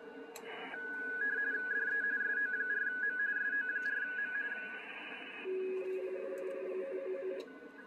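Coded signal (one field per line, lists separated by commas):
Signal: RTTY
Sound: warbling two-tone teleprinter chatter from one station, then another at lower pitch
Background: radio static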